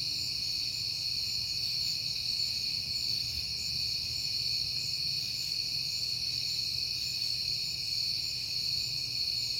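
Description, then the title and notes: Chorus of crickets trilling without pause in high overlapping tones, with a soft low rumble underneath. Recorded at night in September on a peaceful night; the recordist had been hearing crickets a lot that month. "Night Time: Crickets and Passing Cars. It is September and I have been hearing the crickets a lot, but finally had a peaceful night to make the recording"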